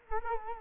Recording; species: mosquito wingbeat signal from an infrared sensor; Culex quinquefasciatus